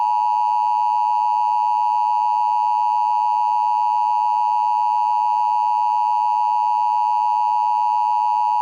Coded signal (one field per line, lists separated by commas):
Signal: Emergency Alert System (SAME) tones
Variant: 853 and 960 Hz attention tone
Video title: Fake North Korea Attack Prank: Emergency Alert System (EAS)